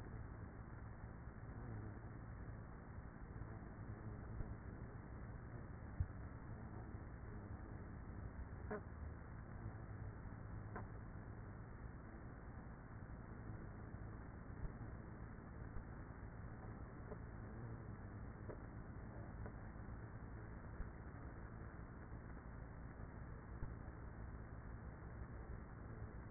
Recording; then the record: honeybee colony, microphone inside the hive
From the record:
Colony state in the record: queenless with a low population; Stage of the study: after two queens were removed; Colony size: about 30,000 bees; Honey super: no